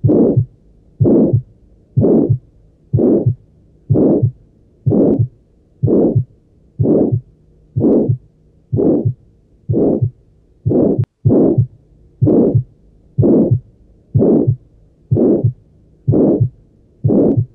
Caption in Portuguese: Som de Estenose Aórtica.